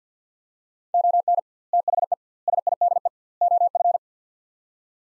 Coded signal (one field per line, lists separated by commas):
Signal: Morse code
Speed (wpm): 50 wpm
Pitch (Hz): 700 Hz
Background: none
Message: ON THE SIDE OF